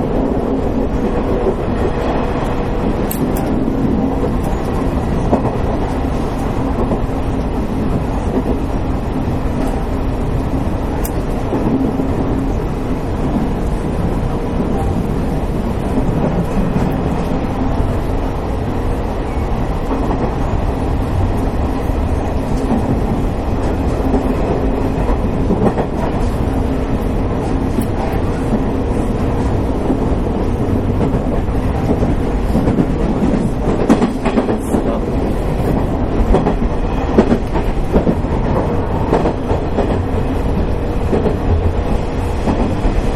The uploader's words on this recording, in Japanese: 西日本鉄道 3000系の走行音。福岡行き特急にて録音。区間は久留米から福岡までです。